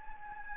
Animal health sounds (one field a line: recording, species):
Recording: mosquito wingbeat signal from an infrared sensor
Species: Anopheles gambiae